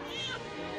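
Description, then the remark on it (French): In a French-language film trailer set in Gotham, a human voice imitates a cat's meow, one drawn-out, nasal mewing cry whose pitch rises and then falls, heard alone and fairly loud. “Miaou.”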